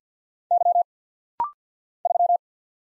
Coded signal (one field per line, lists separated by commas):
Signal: Morse code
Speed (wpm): 48 wpm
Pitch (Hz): 700 Hz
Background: none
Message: Y 3